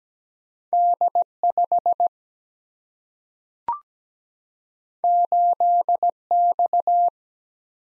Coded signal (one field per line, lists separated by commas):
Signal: Morse code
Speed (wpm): 17 wpm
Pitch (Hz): 700 Hz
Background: none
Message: D 5 8 X